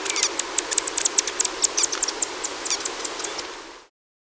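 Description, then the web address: Buff-winged starfrontlet giving quick high-pitched chips and brief squeaky twitters in an uneven series, with a soft background hiss before the sound cuts off abruptly. Ecuador. "Natures Songs S America Birds of Ecuador. Buff-Winged Starfrontlet"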